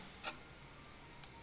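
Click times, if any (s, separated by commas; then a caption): none. A metal retaining clip is handled at its groove in an RX King motorcycle engine part during assembly. A steady high-pitched tone runs throughout, with faint brief ticks near 0.3 and 1.2 seconds. Nothing has seated or clicked yet.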